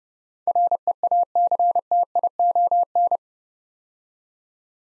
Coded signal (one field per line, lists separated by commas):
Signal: Morse code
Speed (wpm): 29 wpm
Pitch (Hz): 700 Hz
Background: none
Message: REACTION